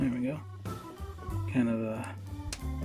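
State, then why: Seated. A plastic piece from a Bandai 1/144 Real Grade XXXG-01W Wing Gundam EW model kit is clipped onto the assembly while someone talks over background music. A short, sharp snap is heard at 2.5 s as the piece clips on and seats.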